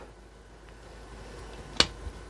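A plastic shin tab is lined up and pressed into its slot on the leg of a Transformers Studio Series Concept Art Megatron figure. After a quiet stretch with a faint tick near 0.7 s, one sharp, loud click sounds at 1.8 s. The tab seats firmly in the slot.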